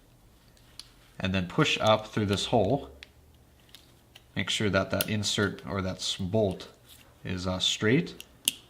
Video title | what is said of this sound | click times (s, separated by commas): Turbo Rebuild - Turbo Kart Build - Part 3 | push it right through and it just snaps into place like that then | 8.5 s